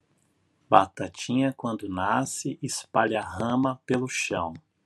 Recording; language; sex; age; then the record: short text; Brazilian Portuguese; male; 40 to 49 years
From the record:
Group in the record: control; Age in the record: 41 years